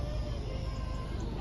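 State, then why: Not seated. The electric folding metal hard top roof of a Mazda MX-5 2.0 Roadster Coupe Sport Tech with 91,787 miles motors closed toward the windscreen header with a steady mechanical hum and faint whine. The roof has not locked into place yet, and nothing has seated or clicked in this clip.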